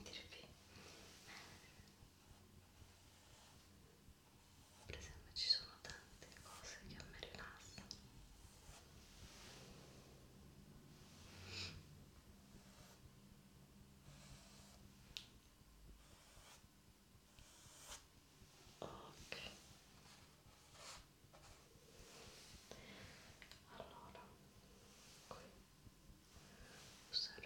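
Soft whispering and brush sounds from an ASMR painting session, quiet and hushed throughout. Short airy strokes and breathy bursts recur every second or two, with a brighter peak near five seconds and a low steady murmur underneath.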